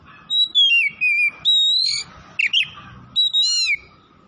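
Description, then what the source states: Oriental magpie-robin song, rich whistled phrases that slide up and down, delivered in rapid, varied bursts with brief pauses, a faint steady hum behind. Tretes kacer singing vigorously, described as gacor.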